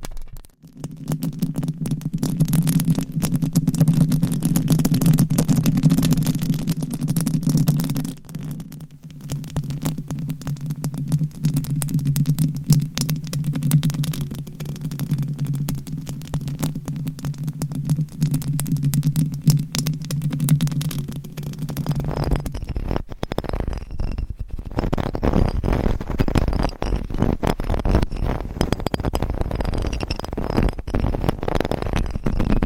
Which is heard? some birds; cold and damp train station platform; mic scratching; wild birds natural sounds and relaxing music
mic scratching